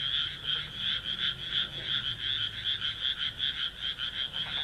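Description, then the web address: Frog giving a continuous high, rasping trill that swells and fades in quick pulses, over a soft low background hum. "kaeru kaeru"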